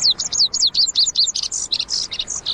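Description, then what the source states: Lazuli bunting song: a rapid, high-pitched run of sharp chirps and short slurred notes, lasting over two seconds. Sings from atop a spike of elderberry, tipping its head back; found in summer in brushy canyons of the western region.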